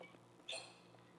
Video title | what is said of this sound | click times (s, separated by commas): How to Change the Charge Pack On Physio Control Lifepak CR Plus AED Devices | we hear it click once we hear it click we know the battery has been installed properly | 0.5 s